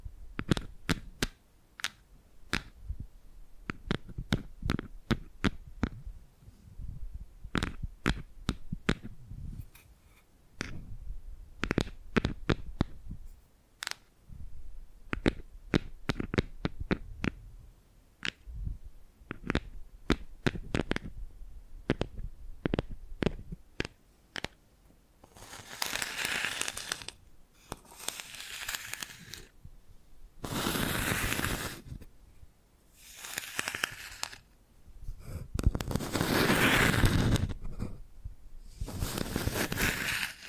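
Bamboo is tapped in quick, irregular bursts of sharp, dry clicks for the first twenty-five seconds, with short pauses between runs. After that the sound turns to broad, hissing brushing and scratching strokes, each lasting a second or two, repeated with brief gaps.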